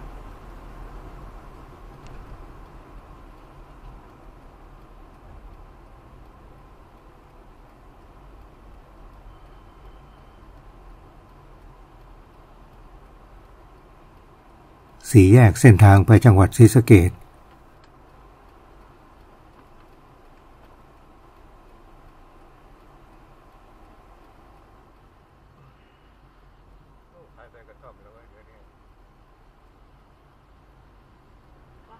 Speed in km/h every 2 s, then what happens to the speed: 56, 46, 42, 33, 28, 24, 20, 12, 0, 0, 0, 0, 0, 0, 0, 0.
0-15 brakes to 0. 15-32 standing.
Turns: none.